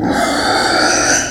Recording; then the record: squeal of a Yucatan mini pig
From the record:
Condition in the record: before surgery on the right vocal fold (resection and tissue-engineered implant); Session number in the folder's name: 3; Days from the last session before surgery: 0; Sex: female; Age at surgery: 19 weeks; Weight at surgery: 25 kg